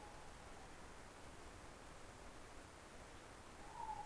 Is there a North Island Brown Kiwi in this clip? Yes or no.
no